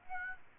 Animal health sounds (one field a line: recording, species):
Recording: mosquito wingbeat signal from an infrared sensor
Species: Aedes aegypti